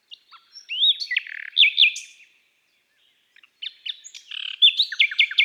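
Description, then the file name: Common nightingale singing varied slurred whistles and a buzzy note, a quiet gap, then more rapid mixed notes. Woodland and forest birdsong. "Rossignol philomele Chants doiseaux des bois et des forets"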